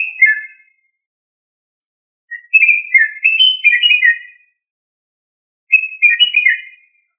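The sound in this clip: Australorp chicken calling in quick runs of high, downward-sliding chirps, grouped into bursts separated by short silences.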